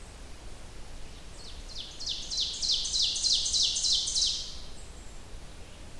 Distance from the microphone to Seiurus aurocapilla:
about 30 m